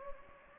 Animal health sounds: mosquito wingbeat signal from an infrared sensor; Anopheles gambiae

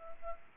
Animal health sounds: mosquito wingbeat signal from an infrared sensor; Culex pipiens

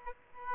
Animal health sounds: mosquito wingbeat signal from an infrared sensor; Aedes aegypti

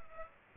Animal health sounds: mosquito wingbeat signal from an infrared sensor; Aedes aegypti

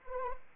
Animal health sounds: mosquito wingbeat signal from an infrared sensor; Anopheles arabiensis

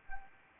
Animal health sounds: mosquito wingbeat signal from an infrared sensor; Anopheles arabiensis

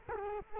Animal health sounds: mosquito wingbeat signal from an infrared sensor; Culex quinquefasciatus

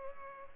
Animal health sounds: mosquito wingbeat signal from an infrared sensor; Culex pipiens

